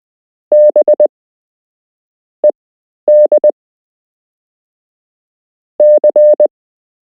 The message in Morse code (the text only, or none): B ED C